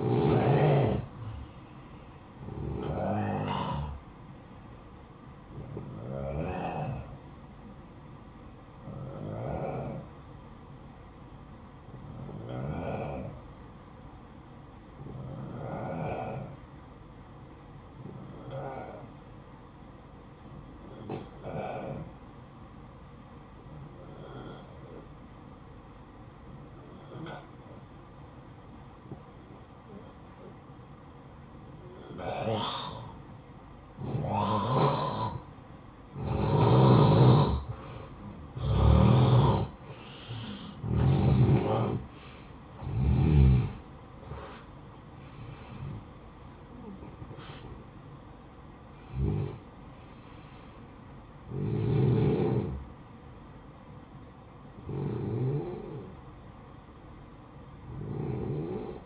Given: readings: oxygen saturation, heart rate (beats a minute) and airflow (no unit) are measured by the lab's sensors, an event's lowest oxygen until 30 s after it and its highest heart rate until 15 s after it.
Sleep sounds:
breathing in sleep by a smartphone at the bedside; 1
6.00-39.00 s: hypopnea (N2, oxygen 93% highest, then 87% lowest, heart rate 59 at the start, 75 highest)
27.00-59.06 s: new sleep stage, N1 (lightest sleep)
From the record:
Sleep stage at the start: N2 (light sleep); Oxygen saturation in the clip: 86 to 93%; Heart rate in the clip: 52 to 75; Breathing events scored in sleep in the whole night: 573 in 9.8 hours asleep

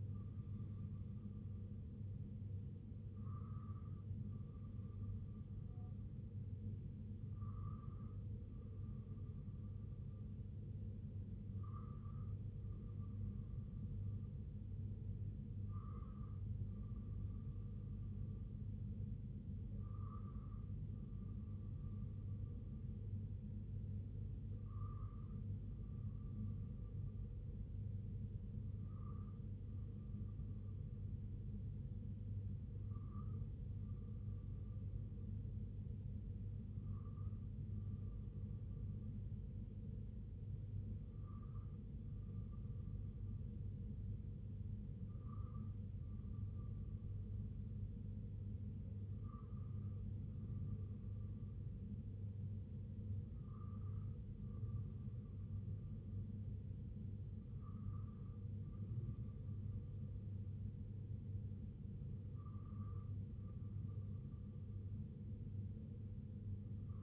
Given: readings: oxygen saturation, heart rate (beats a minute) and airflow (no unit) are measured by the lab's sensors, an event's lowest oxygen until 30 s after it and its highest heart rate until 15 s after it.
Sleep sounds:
breathing in sleep by a smartphone at the bedside; none
none scored
From the record:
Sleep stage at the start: N2 (light sleep); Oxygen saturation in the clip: 93 to 95%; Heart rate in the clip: 60 to 69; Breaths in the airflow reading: 15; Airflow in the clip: -3.5 to 2.1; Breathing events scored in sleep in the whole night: 258 in 7.4 hours asleep

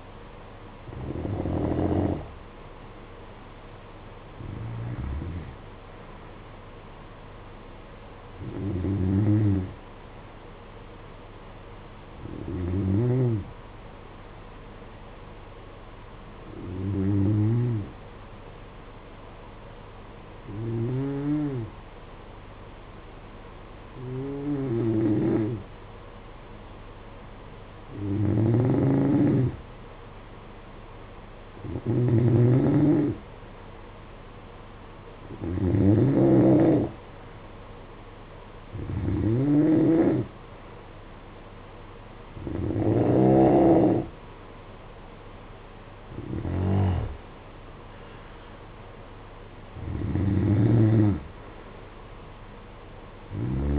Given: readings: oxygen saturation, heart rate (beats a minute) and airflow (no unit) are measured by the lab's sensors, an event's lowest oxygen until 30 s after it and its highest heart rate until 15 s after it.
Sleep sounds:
breathing in sleep by a voice recorder at the bedside; 1
13.00-33.20 s: hypopnea (N2, oxygen 94% highest, then 90% lowest, heart rate 51 at the start, 57 highest)
From the record:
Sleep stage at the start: N2 (light sleep); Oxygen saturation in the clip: 90 to 94%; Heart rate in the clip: 51 to 60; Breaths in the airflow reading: 14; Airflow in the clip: -11.5 to 12.8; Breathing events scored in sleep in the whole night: 476 in 9.7 hours asleep

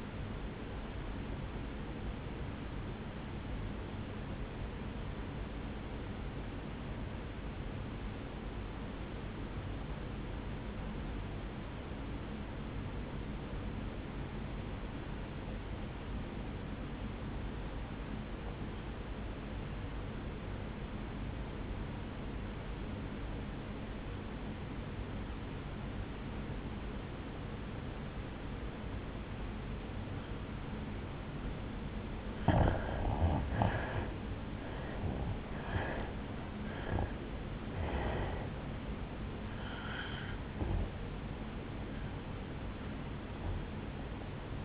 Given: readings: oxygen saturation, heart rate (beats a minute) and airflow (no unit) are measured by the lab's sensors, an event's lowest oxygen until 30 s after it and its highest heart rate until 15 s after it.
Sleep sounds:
breathing in sleep by a voice recorder at the bedside; 1
4.00-33.30 s: obstructive apnea (N2, oxygen 97% highest, then 82% lowest, heart rate 54 at the start, 76 highest)
21.00-44.65 s: new sleep stage, N1 (lightest sleep)
From the record:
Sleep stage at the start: N2 (light sleep); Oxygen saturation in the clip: 83 to 97%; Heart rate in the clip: 54 to 76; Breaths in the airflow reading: 4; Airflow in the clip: -13.0 to 7.9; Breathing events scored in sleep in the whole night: 449 in 7.0 hours asleep

